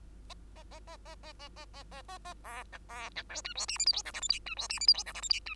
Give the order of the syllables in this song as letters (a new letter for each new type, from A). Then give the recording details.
A A A A A A A A A A A A B C B C D E F G H I J K L M N E F G H I J K L M N E. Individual Bird2